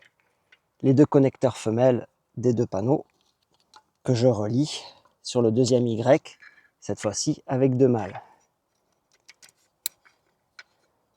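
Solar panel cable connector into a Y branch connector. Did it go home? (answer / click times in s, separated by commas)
yes / 9.9 s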